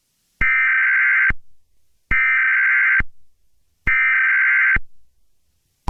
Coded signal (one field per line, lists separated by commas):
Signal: Emergency Alert System (SAME) tones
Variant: header bursts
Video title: EAS Scenario #1 - Asteroid Impact